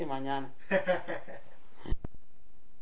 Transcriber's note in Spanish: risas